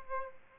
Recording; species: mosquito wingbeat signal from an infrared sensor; Aedes aegypti